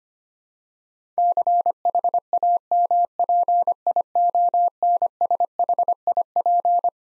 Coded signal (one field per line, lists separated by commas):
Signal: Morse code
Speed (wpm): 25 wpm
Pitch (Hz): 700 Hz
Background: none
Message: CHAMPIONSHIP